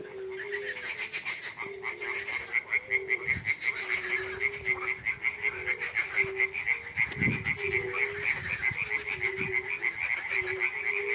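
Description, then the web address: Frogs croaking in a continuous chorus, a fast steady pulsed rattle with lower drawn-out notes repeating underneath. Frogs at a pond in spring. "zvuki zhivoy prirody vesenniy prud kvakushki i ptitsa gamayun"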